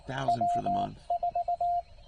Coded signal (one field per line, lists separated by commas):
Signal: Morse code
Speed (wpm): 19 wpm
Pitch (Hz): 700 Hz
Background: speech, radio noise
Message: W4